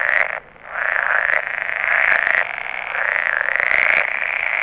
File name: poelkikker paringsroep